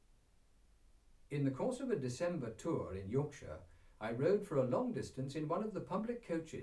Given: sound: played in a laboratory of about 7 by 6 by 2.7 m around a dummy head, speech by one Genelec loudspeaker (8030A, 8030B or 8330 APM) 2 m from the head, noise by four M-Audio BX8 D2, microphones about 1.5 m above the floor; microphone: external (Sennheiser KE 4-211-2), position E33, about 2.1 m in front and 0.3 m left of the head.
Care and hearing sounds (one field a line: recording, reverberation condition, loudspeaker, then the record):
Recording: male speech in English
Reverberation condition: low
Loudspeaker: 150 degrees to the left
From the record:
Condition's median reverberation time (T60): about 310 ms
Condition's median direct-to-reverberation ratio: about 3.5 dB